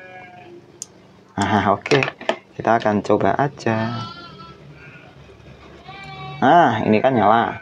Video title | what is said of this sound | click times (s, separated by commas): Ide Kreatif, Membuat lampu darurat menggunakan lampu USB dan baterai bekas laptop | belum bisa mendengarkan Saya colok bunyi klik nah | 0.8 s